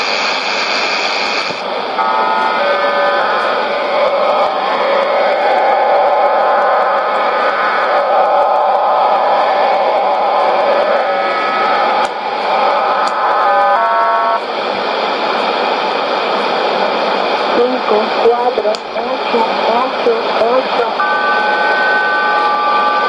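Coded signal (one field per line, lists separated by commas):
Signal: numbers station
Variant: HM01, Spanish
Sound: several steady parallel tones that shift now and then, buried in rushing shortwave noise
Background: radio static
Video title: 10 12 2014 Cuban Spy HM01 in Spanish 0705 on 9330, probably via Bauta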